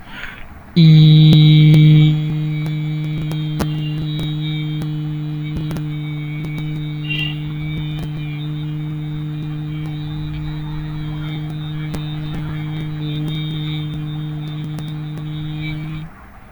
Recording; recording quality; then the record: sustained vowel as in beet; excellent, no background noise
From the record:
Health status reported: healthy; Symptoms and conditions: none ticked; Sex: male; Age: 24 years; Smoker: not ticked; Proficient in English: yes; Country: India